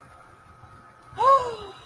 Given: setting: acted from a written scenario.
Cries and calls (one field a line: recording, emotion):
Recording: vocal sound without words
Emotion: elation